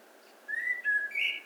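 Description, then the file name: Common blackbird song fragment: a short mellow whistled note, a second fluty note, then a brief higher squeaky flourish. "Turdus merula"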